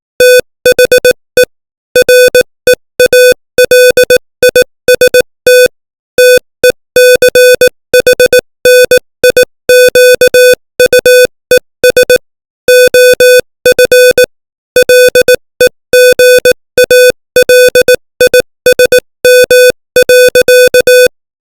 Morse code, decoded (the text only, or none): THE REALIST TECHNIQUES OF LEGALISM.